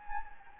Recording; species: mosquito wingbeat signal from an infrared sensor; Anopheles gambiae